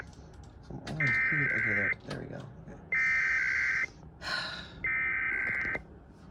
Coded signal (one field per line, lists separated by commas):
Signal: Emergency Alert System (SAME) tones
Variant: header bursts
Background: speech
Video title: EAS 3576-3579: KLOVE EAS Test + Relays